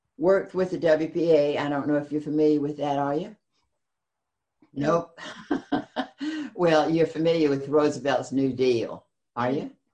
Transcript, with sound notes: worked with the WPA, I don’t know if you’re familiar with that are you?
No. (Laughs)
Well you’re familiar with Roosevelt’s New Deal, are you?